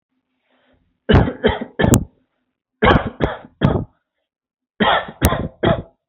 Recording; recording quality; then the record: shallow voluntary cough; excellent, no background noise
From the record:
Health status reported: healthy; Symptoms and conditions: none ticked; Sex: male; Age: 30 years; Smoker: not ticked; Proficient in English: yes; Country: India